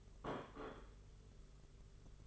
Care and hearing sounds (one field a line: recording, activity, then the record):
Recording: daily activity, microphone in the room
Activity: place plate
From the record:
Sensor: 4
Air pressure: 991.6 hPa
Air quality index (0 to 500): 128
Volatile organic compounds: 37 ppm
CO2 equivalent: 3104 ppm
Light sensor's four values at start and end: 20/65/24/24 and 20/65/24/24